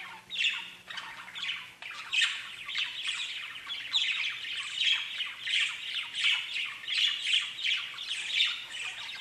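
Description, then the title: Budgerigar chatter: continuous scratchy, buzzy warbling with short squawks and chirps in quick succession, busy and irregular throughout. "Budgie Sounds"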